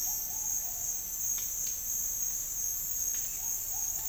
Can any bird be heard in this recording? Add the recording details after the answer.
yes. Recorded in dense forest near Puerto Asís, Putumayo, Colombia, on 8 March 2025 at 10:00. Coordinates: 0.484, -76.317. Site G064